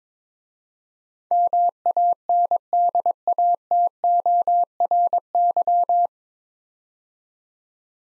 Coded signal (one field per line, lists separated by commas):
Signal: Morse code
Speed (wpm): 22 wpm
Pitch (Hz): 700 Hz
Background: none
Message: MANDATORY